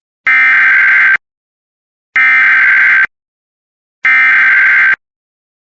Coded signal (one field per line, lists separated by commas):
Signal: Emergency Alert System (SAME) tones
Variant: header bursts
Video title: local area emergency EAS #29